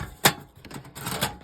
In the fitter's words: And then you lock lock the gas into place.